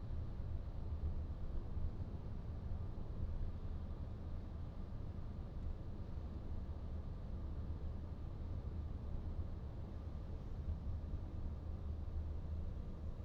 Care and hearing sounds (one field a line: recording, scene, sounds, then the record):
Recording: everyday scene through a hearing-aid microphone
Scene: in a vehicle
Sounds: engine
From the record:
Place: VW T5 Caravelle, diesel engine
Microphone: in the ear canal, right